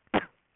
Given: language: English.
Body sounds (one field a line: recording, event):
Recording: throat vibration sensor signal played as sound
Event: cough